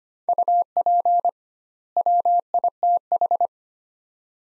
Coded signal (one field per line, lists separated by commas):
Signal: Morse code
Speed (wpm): 25 wpm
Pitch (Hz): 700 Hz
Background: none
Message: UP WITH